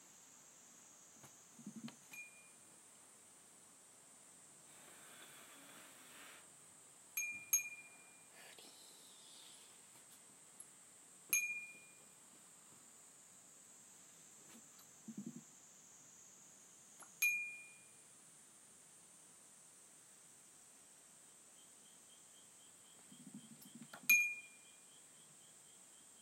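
Everyday household sounds in a quiet room, under a constant thin high whine. Short bright clinks with a brief ringing tone come every few seconds, at about 2, 7, 11, 17 and 24 seconds, with soft low thuds and a brief rustle between them.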